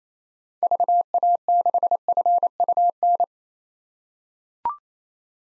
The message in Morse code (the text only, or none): VA6FUN